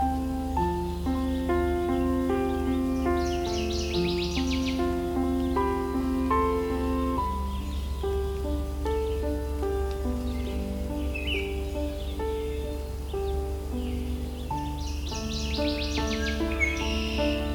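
Valens Lake in June: a steady low rumble runs underneath while sustained, shifting tones hold throughout. Bright bird trills burst out near the start and again around fifteen seconds, with scattered chirps between.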